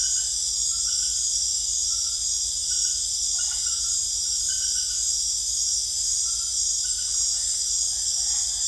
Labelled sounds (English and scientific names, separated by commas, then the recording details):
none
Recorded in secondary vegetation near Puerto Asís, Putumayo, Colombia, on 20 December 2024 at 20:30
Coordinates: 0.488, -76.319
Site GP04